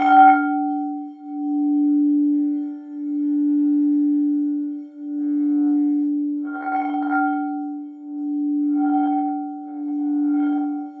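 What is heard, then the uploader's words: Crystal singing bowls hum a steady, pure low tone with a fainter ringing overtone above it, swelling and dipping in slow pulses every two seconds or so. Soft brushing, clinking touches come in at the start, around six to seven seconds, and again near nine and ten. Healing sound therapy (Sound Bath) using crystal singing bowls.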